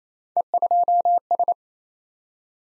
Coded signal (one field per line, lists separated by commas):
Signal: Morse code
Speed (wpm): 27 wpm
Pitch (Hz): 700 Hz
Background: none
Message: E2S